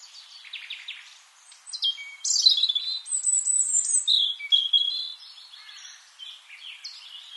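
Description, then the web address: European robin delivering a long, fluid warble: a soft rattling start, then bright high trills and slurred whistles, before trailing off into quieter phrases. "SETE data Erithacus rubecula"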